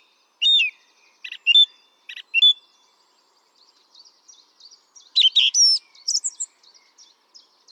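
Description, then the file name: Song thrush song: a few loud, repeated double notes, a quiet interlude of soft twitters, then a burst of rich varied phrases. "Turdus philomelos"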